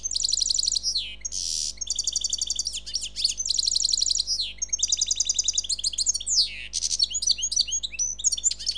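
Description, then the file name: Bird song of buzzy rattling trills alternating with high twittering phrases, continuous throughout. "Seyreh - Bird Sound"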